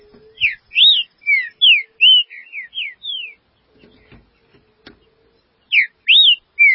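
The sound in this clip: Green-winged saltator song: a run of rich whistled notes, some rising and some falling, quickly repeated, then a pause with a few clicks before the phrase returns.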